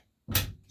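A steel snap ring is pressed down and worked evenly into its groove inside the clutch pack of a Dodge 47RE automatic transmission clutch drum during a rebuild. After a quiet start, a sharp metallic snap at 0.4 s is followed by a fading ring and a smaller sound near the end. The snap ring pops into its groove and is seated.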